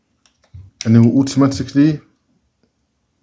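A RAM stick is pushed down into a laptop SO-DIMM memory slot, and the metal side levers snap over it with faint clicks at 0.3 s and 0.4 s. The module is seated. Someone then talks.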